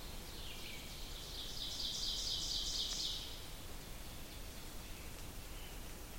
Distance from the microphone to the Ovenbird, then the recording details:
about 60 m. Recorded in boreal forest in Alberta, Canada, on 2 June 2016 at 06:33. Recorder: SongMeter 3, array SBT-3-7. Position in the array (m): 52 m, 148 m. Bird 4